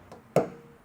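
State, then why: Seated. A small rubber plug is pressed into an exposed mounting hole in a vehicle storage box panel. After a faint tap at 0.1 s, a sharp snap at 0.4 s seats the plug, and a brief ring follows. No one talks.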